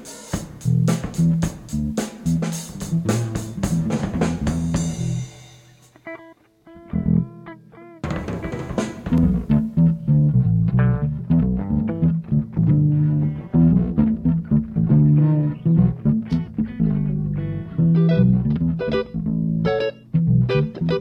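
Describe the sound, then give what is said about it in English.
A bass guitar drenched in heavy reverb plays steady low notes within a dense, loud mix, thinning briefly to sparse sustained tones before the full sound returns. “Now to your bass does not really need that much reverb on a bass.”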